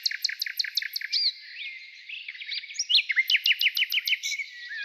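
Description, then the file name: Nightingale song opening with a quick run of identical sharp notes, then twisting slurred whistles and another rapid repeated series. Morning. "Utro i solovey"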